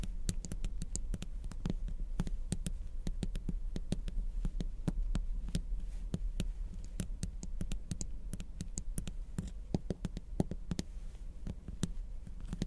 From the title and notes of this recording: Diamonds Sounds (Crystals, Beads, Ice, jewels, tapping, scratching).